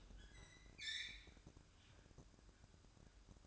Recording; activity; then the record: daily activity, microphone in the room; open fridge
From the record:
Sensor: 2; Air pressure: 1007.6 hPa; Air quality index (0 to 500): 39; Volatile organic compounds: 1 ppm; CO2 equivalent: 538 ppm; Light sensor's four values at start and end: 10/24/10/11 and 10/24/10/11